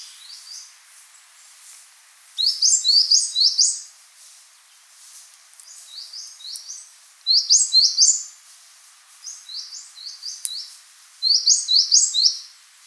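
Eurasian Blue Tit calls: repeated bursts of several thin, high, slurred notes, louder bursts alternating with quieter ones.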